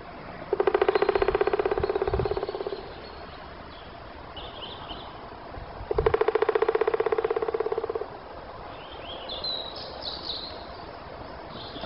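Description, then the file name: Black woodpecker drumming, two fast even rolls of about two seconds each, separated by a pause of about three seconds, with faint bird chirps later. "Spillkråka trummar - Dendrocopos martius"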